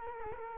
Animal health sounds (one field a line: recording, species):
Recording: mosquito wingbeat signal from an infrared sensor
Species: Culex quinquefasciatus